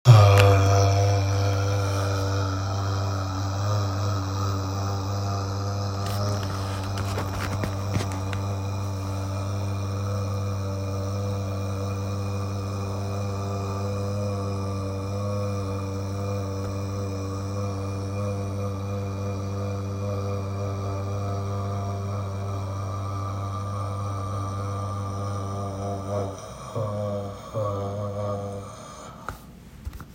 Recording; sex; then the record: sustained vowel /a/; male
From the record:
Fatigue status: no fatigue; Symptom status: asymptomatic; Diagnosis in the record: COVID-19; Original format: m4a